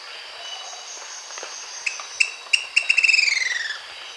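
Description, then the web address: Long-crested pygmy-tyrant song: scattered sharp ticks accelerating into a fast, falling chattering trill, with constant high insect buzz in the background. South America. "Natures Songs S America Long-crested Pygmy-Tyrant"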